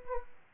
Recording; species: mosquito wingbeat signal from an infrared sensor; Aedes aegypti